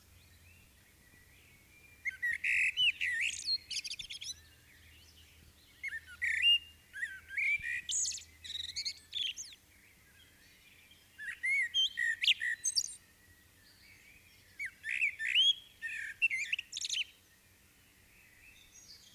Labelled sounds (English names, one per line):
Common Blackbird song